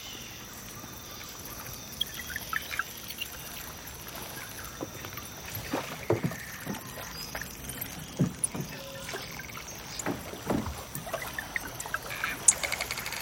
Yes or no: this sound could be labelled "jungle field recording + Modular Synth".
yes